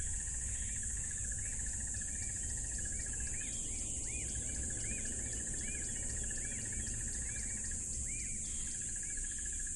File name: smartsound ATMO NATURE Tropical River Loud Crickets